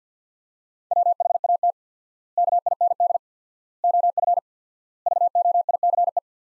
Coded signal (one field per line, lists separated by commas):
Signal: Morse code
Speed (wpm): 50 wpm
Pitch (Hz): 700 Hz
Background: none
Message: WHAT KIND OF VOICE